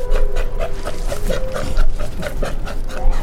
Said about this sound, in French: Pas si bête, une chronique sur le monde sonore animal. Aujourd'hui, le lion des mers australien.